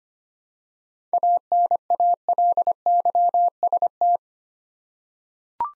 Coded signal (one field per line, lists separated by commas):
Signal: Morse code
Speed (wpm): 25 wpm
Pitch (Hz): 700 Hz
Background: none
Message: ANALYST